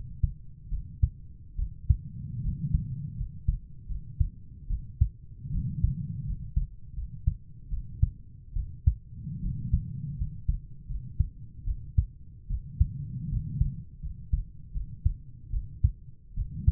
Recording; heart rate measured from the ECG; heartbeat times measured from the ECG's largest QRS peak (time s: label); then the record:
heart sounds by stethoscope; 77 bpm
0.70 s: heartbeat
1.57 s: heartbeat
2.42 s: heartbeat
3.17 s: heartbeat
3.88 s: heartbeat
4.69 s: heartbeat
5.51 s: heartbeat
6.25 s: heartbeat
6.95 s: heartbeat
7.70 s: heartbeat
8.55 s: heartbeat
9.41 s: heartbeat
10.17 s: heartbeat
10.88 s: heartbeat
11.66 s: heartbeat
12.49 s: heartbeat
13.30 s: heartbeat
14.02 s: heartbeat
14.73 s: heartbeat
15.52 s: heartbeat
16.36 s: heartbeat
From the record:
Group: healthy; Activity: rest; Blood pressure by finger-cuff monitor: 133/75 mmHg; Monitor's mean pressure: 92 mmHg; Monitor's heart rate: 79 bpm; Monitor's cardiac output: 6.7 L/min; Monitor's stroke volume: 88 mL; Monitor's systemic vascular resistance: 1000 dyn s/cm5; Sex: female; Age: 22 years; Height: 160 cm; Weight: 63 kg